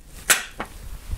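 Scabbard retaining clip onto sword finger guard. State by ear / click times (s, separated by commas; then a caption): seated / 0.6 s. A sword is pushed into its scabbard so the scabbard's retaining clip hooks over the rim of the finger guard. A loud, bright, broadband burst at about 0.3 s is followed by a sharp, short snap at 0.6 s as the clip seats, then quiet low rumbles. The clip holds the sword firmly in place, and it takes a good tug to pull it back out.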